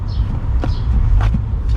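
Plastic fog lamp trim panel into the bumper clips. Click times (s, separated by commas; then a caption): 0.6 s. The lower edge of a plastic fog lamp trim panel on a 2020 Toyota Revo is pushed into its plastic locking clips in the bumper, giving one sharp click at 0.6 s over steady low background rumble. The trim is seated and locked home.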